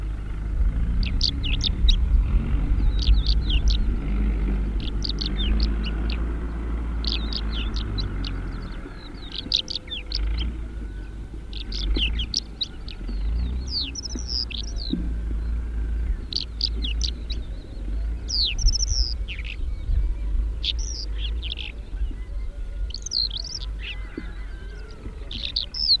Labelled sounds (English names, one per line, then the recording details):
Greater Short-toed Lark song
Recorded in the wild
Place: Albesti, Transilvania, RO
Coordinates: 46.258, 24.86
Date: 1973-04-29 07:05
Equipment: Nagra III BH, Sennheiser MD 21, parabola
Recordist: Schubert, Michael